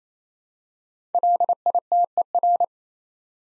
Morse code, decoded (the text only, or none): LITER